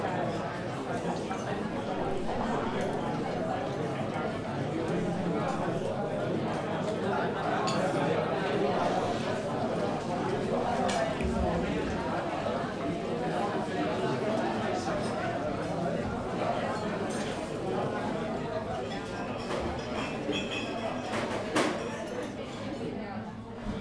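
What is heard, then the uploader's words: Muffled chatter of many people fills a coffee shop steadily, with scattered clinks of cups and sharp clicks, especially near 11 and 21 seconds. Noisy Coffee Shop Sounds. The lively buzz of a café.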